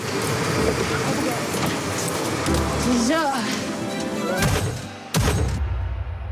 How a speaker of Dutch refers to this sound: En dit gesprek voert ze ook echt letterlijk achterop de vuilniswagen.